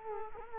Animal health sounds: mosquito wingbeat signal from an infrared sensor; Culex quinquefasciatus

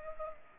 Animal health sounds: mosquito wingbeat signal from an infrared sensor; Culex pipiens

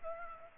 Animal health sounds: mosquito wingbeat signal from an infrared sensor; Aedes aegypti

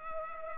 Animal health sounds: mosquito wingbeat signal from an infrared sensor; Culex pipiens

